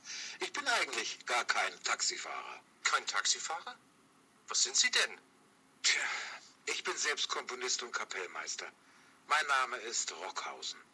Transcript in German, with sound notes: Ich bin eigentlich gar kein Taxifahrer.
Kein Taxifahrer? Was sind Sie denn?
(seufzt schwer) Tja, ich bin selbst Komponist und Kapellmeister. Mein Name ist Rockhausen.